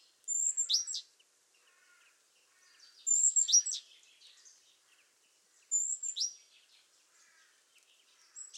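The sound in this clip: Great tit giving high whistled phrases with steep falling sweeps, a few seconds apart, with soft chirping in the gaps.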